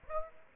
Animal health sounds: mosquito wingbeat signal from an infrared sensor; Aedes aegypti

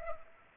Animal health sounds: mosquito wingbeat signal from an infrared sensor; Culex pipiens

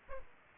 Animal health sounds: mosquito wingbeat signal from an infrared sensor; Aedes aegypti

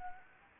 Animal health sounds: mosquito wingbeat signal from an infrared sensor; Anopheles arabiensis

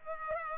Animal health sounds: mosquito wingbeat signal from an infrared sensor; Culex pipiens

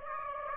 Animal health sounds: mosquito wingbeat signal from an infrared sensor; Aedes aegypti

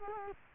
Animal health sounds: mosquito wingbeat signal from an infrared sensor; Culex quinquefasciatus

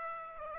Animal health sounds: mosquito wingbeat signal from an infrared sensor; Aedes aegypti

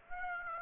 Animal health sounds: mosquito wingbeat signal from an infrared sensor; Aedes aegypti

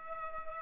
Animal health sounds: mosquito wingbeat signal from an infrared sensor; Culex pipiens

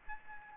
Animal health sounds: mosquito wingbeat signal from an infrared sensor; Aedes albopictus

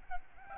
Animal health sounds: mosquito wingbeat signal from an infrared sensor; Aedes albopictus

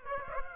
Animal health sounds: mosquito wingbeat signal from an infrared sensor; Aedes aegypti

